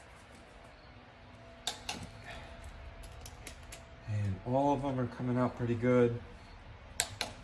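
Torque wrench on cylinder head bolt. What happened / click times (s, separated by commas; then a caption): The torque wrench clicked at its set torque / 7.0 s. A click-type torque wrench re-checks a cylinder head bolt on a Ford Ranger OHV engine, where the head and gasket are being installed. Soft metallic ticks come at 1.7 s and 1.9 s and fainter ones near 3.3–3.7 s, then someone talks from about 4.1 to 6.2 s. The wrench gives a sharp click at 7.0 s without the bolt moving, confirming it is at the right torque, and a second click follows at about 7.2 s.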